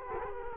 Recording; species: mosquito wingbeat signal from an infrared sensor; Culex quinquefasciatus